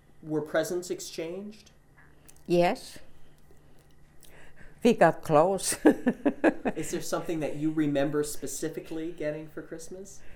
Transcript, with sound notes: were presents exchanged?
Yes. We got clothes. (she laughs)
Is there something that you remember specifically getting for Christmas?